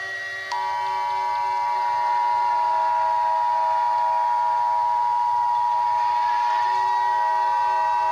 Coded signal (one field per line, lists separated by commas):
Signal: Emergency Alert System (SAME) tones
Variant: 853 and 960 Hz attention tone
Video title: EAS Mock: Antimatter Attack (Gift)